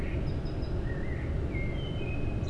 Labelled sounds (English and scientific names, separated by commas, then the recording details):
Common Blackbird (Turdus merula)
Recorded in Germany
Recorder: ecoPi